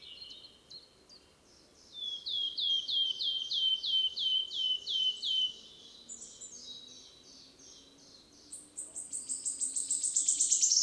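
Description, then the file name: Wood warbler song: a run of sharp, stuttering high notes that fade, followed by a second phrase quickening into a shivering trill at the end. Recorded 10 May 2008, 11:17. "20080510 1117 Phylloscopus sibilatrix"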